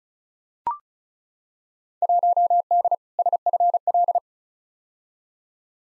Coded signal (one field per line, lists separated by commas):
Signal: Morse code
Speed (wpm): 36 wpm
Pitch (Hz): 700 Hz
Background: none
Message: 1D SFL